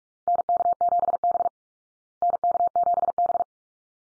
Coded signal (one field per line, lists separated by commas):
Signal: Morse code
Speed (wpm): 44 wpm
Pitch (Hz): 700 Hz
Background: none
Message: NK7B NK7B